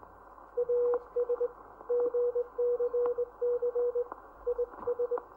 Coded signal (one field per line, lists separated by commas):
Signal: Morse code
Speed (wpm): 19 wpm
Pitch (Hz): 480 Hz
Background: none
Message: AS GCC IS